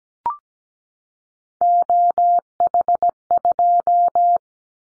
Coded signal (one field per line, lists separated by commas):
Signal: Morse code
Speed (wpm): 17 wpm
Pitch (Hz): 700 Hz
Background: none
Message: OH2